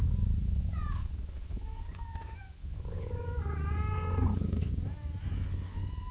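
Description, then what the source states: Cat making several short, gentle meows, some rising and some falling, over a continuous low purring rumble. Cat gently meowing and purring at long intervals.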